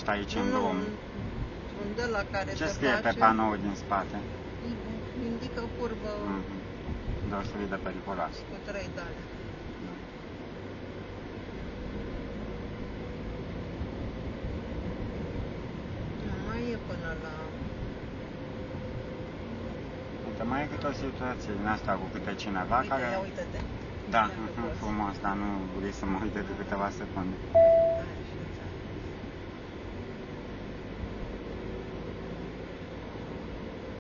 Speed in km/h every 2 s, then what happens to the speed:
55, 52, 48, 45, 42, 45, 49, 53, 54, 51, 53, 54, 54, 43, 42, 46, 50.
0-8 slows to 42. 8-15 speeds up to 54. 15-23 steady at about 53. 23-27 slows to 42. 27-34 speeds up to 50.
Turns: 23-29.